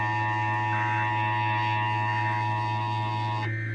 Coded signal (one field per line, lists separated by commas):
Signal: Emergency Alert System (SAME) tones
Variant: 853 and 960 Hz attention tone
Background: music